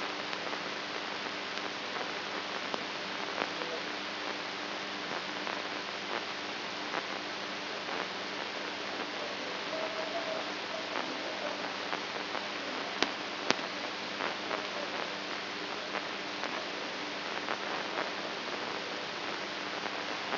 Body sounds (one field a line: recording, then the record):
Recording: brain microelectrode recording played as sound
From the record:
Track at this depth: outside the subthalamic nucleus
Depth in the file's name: 6.906 mm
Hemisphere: right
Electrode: 2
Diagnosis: Parkinson's disease